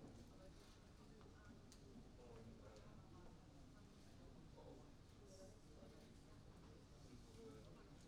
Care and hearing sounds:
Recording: everyday scene through a hearing-aid microphone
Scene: many people talking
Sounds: many voices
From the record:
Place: university cafeteria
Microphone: in the ear canal, right

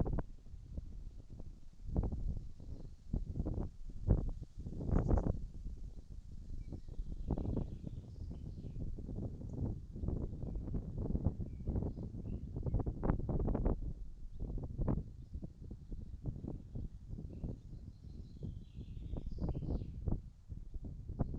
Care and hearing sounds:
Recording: everyday scene through a hearing-aid microphone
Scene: wind on the microphone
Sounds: wind, birds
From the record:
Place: in front of a rural house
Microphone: in the ear canal, right

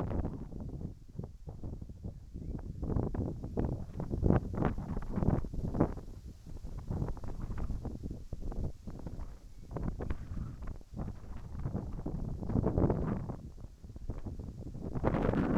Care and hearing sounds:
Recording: everyday scene through a hearing-aid microphone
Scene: wind on the microphone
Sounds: wind, whistling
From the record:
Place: in front of a rural house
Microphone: behind the ear, right, front

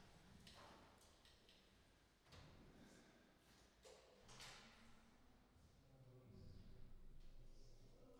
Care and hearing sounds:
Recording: everyday scene through a hearing-aid microphone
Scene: reverberant space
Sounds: speech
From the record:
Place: staircase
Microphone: in the ear canal, right

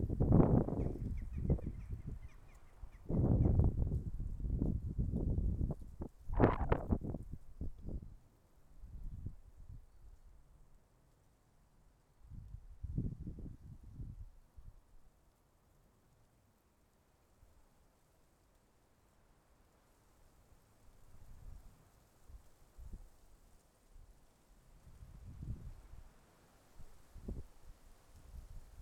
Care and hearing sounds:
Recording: everyday scene through a hearing-aid microphone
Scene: wind on the microphone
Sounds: wind, traffic, birds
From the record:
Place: suburban garden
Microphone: behind the ear, left, front

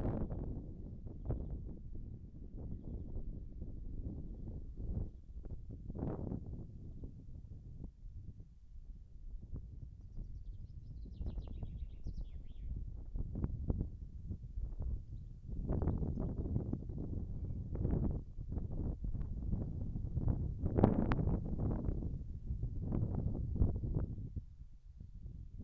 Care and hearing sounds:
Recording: everyday scene through a hearing-aid microphone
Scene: wind on the microphone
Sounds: wind, birds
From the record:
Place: in front of a rural house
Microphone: behind the ear, right, rear

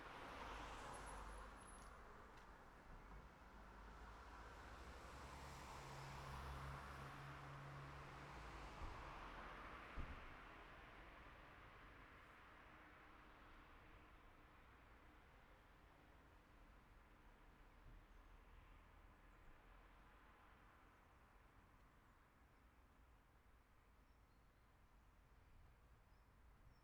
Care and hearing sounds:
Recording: everyday scene through a hearing-aid microphone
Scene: in traffic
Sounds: traffic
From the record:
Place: city secondary road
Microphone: behind the ear, right, front

